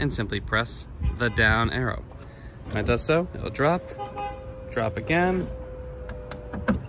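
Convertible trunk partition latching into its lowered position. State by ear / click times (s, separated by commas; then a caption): seated / 6.3 s, 6.7 s. Someone talks as the down arrow is pressed and the powered trunk load-through partition of a BMW F-Series hardtop convertible lowers, with a steady motor whine running under the speech. The partition then latches down into its lowered position with two clicks at 6.3 s and 6.7 s, meaning it is locked and ready for the trunk to be closed.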